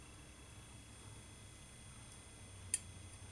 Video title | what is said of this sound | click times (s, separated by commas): Rose Gold Occam’s Single Edge Razor | click there it is so | 2.7 s